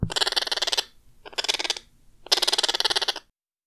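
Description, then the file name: Bird giving harsh, raspy, buzzing calls in three bursts of under a second each, each burst rapidly pulsed, with short silences between. Exotic bird. "soundscrate-exotic bird sounds"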